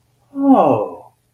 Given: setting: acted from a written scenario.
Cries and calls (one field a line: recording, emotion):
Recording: vocal sound without words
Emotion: awe